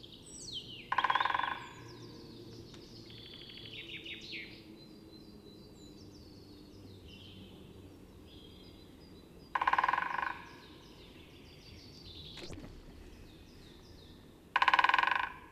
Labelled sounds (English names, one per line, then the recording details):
Great Spotted Woodpecker drumming
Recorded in the wild
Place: St. Martin, Appenzeller Land, Rheinland-Pfalz, DE
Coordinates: 49.3004, 8.1015
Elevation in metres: 241
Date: 1976-04-20
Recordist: Tretzel, Erwin